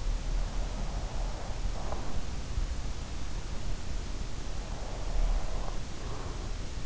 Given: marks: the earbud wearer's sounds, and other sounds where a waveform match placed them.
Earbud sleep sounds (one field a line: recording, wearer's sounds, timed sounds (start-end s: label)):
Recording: sounds in sleep by an in-ear microphone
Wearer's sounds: breath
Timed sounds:
0.31-2.20 s: breath
4.66-6.55 s: breath